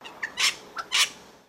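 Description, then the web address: Wattlebird call in two harsh, raspy bursts about half a second apart, each led by a brief soft note. "Sound Effects-Foundation 1 BIRD WATTLE BIRD CALL"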